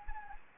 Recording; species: mosquito wingbeat signal from an infrared sensor; Anopheles gambiae